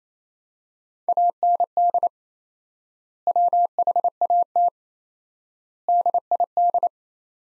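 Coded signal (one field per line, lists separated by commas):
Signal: Morse code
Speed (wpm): 28 wpm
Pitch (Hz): 700 Hz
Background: none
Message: AND WHAT DID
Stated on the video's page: Morse practice sentences from the top 100 words at 28 wpm with 4x standard word spacing, a Farnsworth-like method applied to words.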